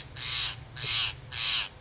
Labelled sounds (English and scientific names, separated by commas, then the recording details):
Steller's Jay (Cyanocitta stelleri)
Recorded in Sonoma County, California